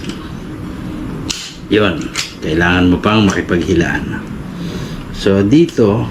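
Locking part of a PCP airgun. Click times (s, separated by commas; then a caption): 1.3 s. The very tight locking part of a PCP airgun is lifted and pulled, coming free with a single sharp click at 1.3 s because it takes real wrestling to pull it loose. Someone talks before and after the click.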